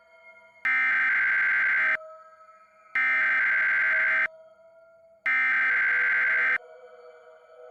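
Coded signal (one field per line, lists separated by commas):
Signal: Emergency Alert System (SAME) tones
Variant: header bursts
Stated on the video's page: Simulated EAS scenario, audio made with text-to-speech voices on an iPod touch.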